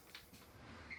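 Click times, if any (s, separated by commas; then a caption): none. The pivoting dinette tabletop in the dinette base of a 2021 Fleetwood Discovery LXE 36HQ RV is turned by hand back toward its against-the-wall travel position. Low, dull handling and rubbing noise is heard, with a brief sharp tap at about 0.1 s. The tabletop has not yet locked into its travel position, and nothing has seated or clicked yet.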